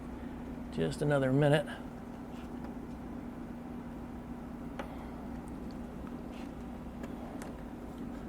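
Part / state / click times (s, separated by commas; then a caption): headlight lens retaining clips into the headlight housing / seated / 4.8 s, 6.1 s, 7.4 s. On a W140 Mercedes-Benz, the retaining clips of a new headlight lens are pressed onto the old plastic headlight housing. After someone talks briefly, three soft clicks come at 4.8, 6.1 and 7.4 seconds over a steady low hum. The clips click into place.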